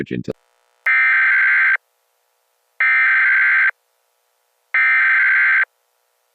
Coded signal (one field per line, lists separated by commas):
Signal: Emergency Alert System (SAME) tones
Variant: header bursts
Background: speech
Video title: The Ultimate Derecho (EAS Mock)